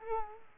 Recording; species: mosquito wingbeat signal from an infrared sensor; Culex quinquefasciatus